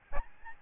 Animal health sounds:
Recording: mosquito wingbeat signal from an infrared sensor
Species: Aedes albopictus

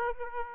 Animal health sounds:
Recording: mosquito wingbeat signal from an infrared sensor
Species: Aedes aegypti

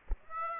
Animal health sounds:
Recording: mosquito wingbeat signal from an infrared sensor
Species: Aedes aegypti

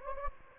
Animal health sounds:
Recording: mosquito wingbeat signal from an infrared sensor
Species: Anopheles gambiae

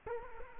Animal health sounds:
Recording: mosquito wingbeat signal from an infrared sensor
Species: Culex quinquefasciatus

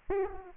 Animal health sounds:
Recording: mosquito wingbeat signal from an infrared sensor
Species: Aedes aegypti

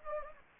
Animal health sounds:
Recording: mosquito wingbeat signal from an infrared sensor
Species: Anopheles gambiae

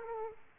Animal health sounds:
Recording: mosquito wingbeat signal from an infrared sensor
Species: Aedes aegypti

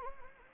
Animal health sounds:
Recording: mosquito wingbeat signal from an infrared sensor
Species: Anopheles gambiae

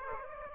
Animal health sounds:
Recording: mosquito wingbeat signal from an infrared sensor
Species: Aedes aegypti

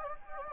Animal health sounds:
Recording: mosquito wingbeat signal from an infrared sensor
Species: Anopheles gambiae

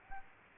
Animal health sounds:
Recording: mosquito wingbeat signal from an infrared sensor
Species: Aedes albopictus

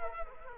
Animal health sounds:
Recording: mosquito wingbeat signal from an infrared sensor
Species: Culex quinquefasciatus

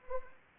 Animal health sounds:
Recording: mosquito wingbeat signal from an infrared sensor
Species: Anopheles arabiensis

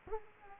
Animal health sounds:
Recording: mosquito wingbeat signal from an infrared sensor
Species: Culex quinquefasciatus

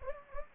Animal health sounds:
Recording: mosquito wingbeat signal from an infrared sensor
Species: Anopheles gambiae

